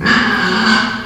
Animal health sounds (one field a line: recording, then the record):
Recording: squeal of a Yucatan mini pig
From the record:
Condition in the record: after surgery on the right vocal fold (resection and tissue-engineered implant)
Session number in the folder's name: 15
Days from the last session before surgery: 175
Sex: female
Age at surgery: 19 weeks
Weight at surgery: 25 kg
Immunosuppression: prednisolone